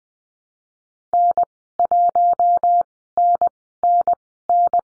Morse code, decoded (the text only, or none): N1NNN